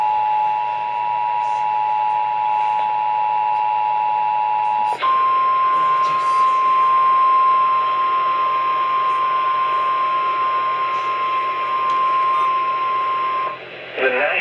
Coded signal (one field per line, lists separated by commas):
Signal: Emergency Alert System (SAME) tones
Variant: 853 and 960 Hz attention tone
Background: speech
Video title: A MARINGAL RISK OF SEVERE STORMS OF TEXAS EAS Alerts from 1/7/23 (EAS#68 & #80)